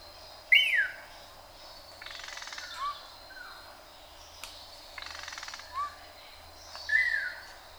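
Manakin calls: a few sharp, downslurred whistles, with softer falling notes between them and bursts of buzzy noise in the background.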